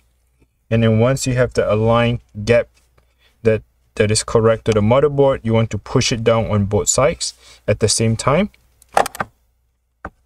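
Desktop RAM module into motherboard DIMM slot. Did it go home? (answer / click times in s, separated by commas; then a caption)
yes / 9.0 s, 10.1 s. A DDR4 desktop RAM stick is lined up with the slot notch on an HP Omen desktop motherboard and pushed down on both ends at once while someone talks. The motherboard DIMM slot's plastic retention clips snap over the module with short clicks at 9.0 s and 10.1 s, seating it in the slot.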